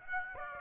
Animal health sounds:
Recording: mosquito wingbeat signal from an infrared sensor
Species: Aedes aegypti

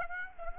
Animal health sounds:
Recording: mosquito wingbeat signal from an infrared sensor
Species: Aedes aegypti

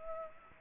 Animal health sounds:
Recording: mosquito wingbeat signal from an infrared sensor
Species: Culex pipiens

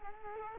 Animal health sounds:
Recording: mosquito wingbeat signal from an infrared sensor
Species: Culex quinquefasciatus

